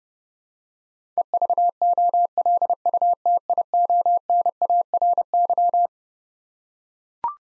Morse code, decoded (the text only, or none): EVOLUTIONARY